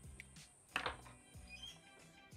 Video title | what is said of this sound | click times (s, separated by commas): 12v Anderson Plugs and Connectors - FLOOD SOLDER | push in until you can see there it's almost in so you want to push that in until it clicks over | 0.8 s